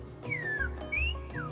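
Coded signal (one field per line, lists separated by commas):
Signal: whistled language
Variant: Silbo Gomero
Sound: three short gliding whistles, falling, rising, falling, over a low background rumble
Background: low hum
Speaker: there are a handful of other whistling languages in the world but none as developed as [Music] this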